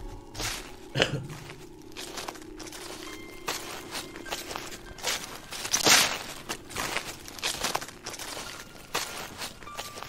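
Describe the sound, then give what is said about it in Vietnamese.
Dry, crackling rustling that comes in uneven bursts for about ten seconds, like something shifting through brittle leaves or paper, with one sharper crunch near the middle and no voices. “Có tiếng loạt xoạt bắt đầu vang lên.”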